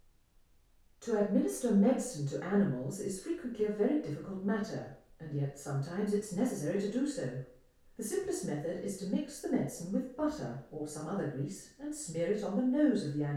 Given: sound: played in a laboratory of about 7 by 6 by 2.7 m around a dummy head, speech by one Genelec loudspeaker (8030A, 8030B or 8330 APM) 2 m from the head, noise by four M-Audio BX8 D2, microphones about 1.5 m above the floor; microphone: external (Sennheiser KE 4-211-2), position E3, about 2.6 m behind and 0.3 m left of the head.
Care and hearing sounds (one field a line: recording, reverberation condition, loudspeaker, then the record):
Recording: female speech in English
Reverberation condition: medium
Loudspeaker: 90 degrees to the left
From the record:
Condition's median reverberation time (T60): about 510 ms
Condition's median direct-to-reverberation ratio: about -0.5 dB